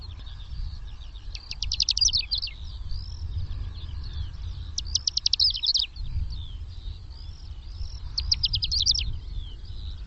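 Bird calls: bursts of rapid high buzzy trills repeated about every three to four seconds among scattered twittering notes, over a steady low rumble.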